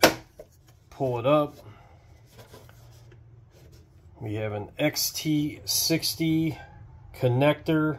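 The plastic body clip latch on a RocHobby Atlas RC crawler chassis is pushed down and gives a sharp click at 0.0 s as it releases, and the body is then pulled up. Faint light taps follow, and someone talks over the rest of the clip.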